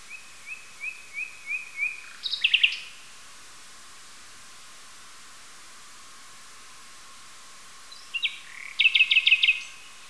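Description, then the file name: Nightingale song: a run of repeated level whistles, then a rapid burst of rattling notes, silence, and another rattling phrase near the end. "solovei"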